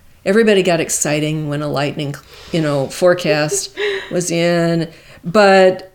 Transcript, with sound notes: Everybody got exciting when a lightning, you know, [laughs] forecast was in. But...